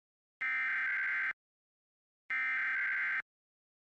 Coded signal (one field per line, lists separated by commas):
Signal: Emergency Alert System (SAME) tones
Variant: header bursts